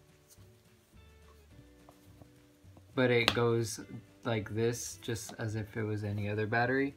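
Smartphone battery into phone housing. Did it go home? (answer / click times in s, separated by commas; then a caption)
no / none. A removed smartphone battery is put back and lined up in the phone housing before being pushed down, with only faint handling sounds under background music and someone talking from about 3 seconds on. Nothing has seated or clicked yet.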